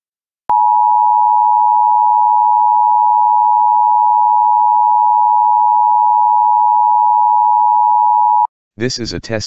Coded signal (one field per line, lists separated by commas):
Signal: Emergency Alert System (SAME) tones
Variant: 853 and 960 Hz attention tone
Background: speech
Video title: EAS Nuclear Power Plant Warning New Jersey Salem/Hope Creek Nuclear Generating Station Test (Rare!)